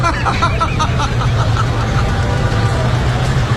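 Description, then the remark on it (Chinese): Steady, continuous street traffic in a traffic jam: a low engine rumble and broad road hiss with a faint murmur of voices mixed in, holding at an even loudness throughout. “这是堵车，这是真的堵车，真的。”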